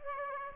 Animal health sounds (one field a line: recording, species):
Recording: mosquito wingbeat signal from an infrared sensor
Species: Aedes aegypti